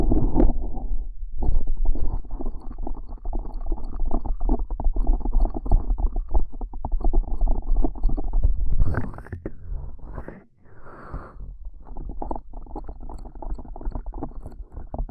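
Ear cupping: hands press and rub over the microphone, making a dense, muffled, low rumble with soft crackles that runs almost without pause. Brief gaps come near one second and around ten to eleven seconds, and a few brighter hissing swipes appear near nine and eleven seconds.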